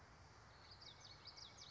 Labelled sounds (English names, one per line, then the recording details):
Common Yellowthroat
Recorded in Sonoma County, California